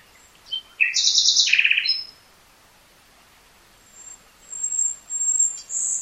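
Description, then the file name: Common nightingale song: a rapid buzzy trill, then a lower rattling phrase, a pause, and thin high whistles with faint chatter; no other sounds stand out. "Luscinia megarhynchos"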